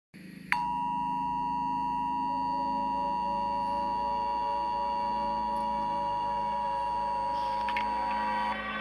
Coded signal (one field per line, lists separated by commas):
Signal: Emergency Alert System (SAME) tones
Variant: 853 and 960 Hz attention tone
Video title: EAS SCENARIO: SECONDLIFE GIRLS COME TO LIFE